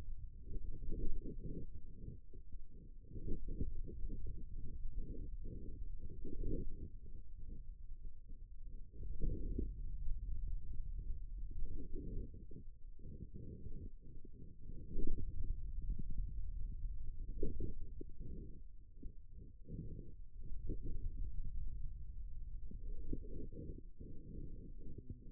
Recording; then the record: forearm muscle sounds (acoustic myography)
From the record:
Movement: hand opening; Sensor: system 2, bracelet of six BSWA MPA416 microphones around the upper forearm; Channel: 4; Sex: male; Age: 22 years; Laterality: right